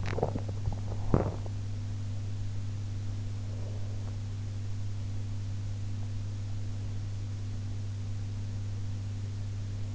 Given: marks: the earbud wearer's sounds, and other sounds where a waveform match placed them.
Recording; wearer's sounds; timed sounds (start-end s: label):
sounds in sleep by an in-ear microphone; body movement
0.00-1.49 s: body movement